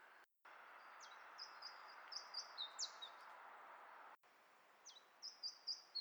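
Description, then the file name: Iberian chiffchaff song: a few high, sharp notes, then more similar notes near the end, with steady background hiss and two brief dropouts. "iberischer zilpzalp"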